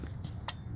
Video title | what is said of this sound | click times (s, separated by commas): Mercury Outboard Water Pump/Impeller Replacement (Inlines) | you can hear click right there for gear the driveshaft and the water tube | 0.5 s